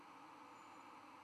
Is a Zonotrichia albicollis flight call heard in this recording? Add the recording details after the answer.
no. No flight call is heard. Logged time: 00:45 on 11 November 2014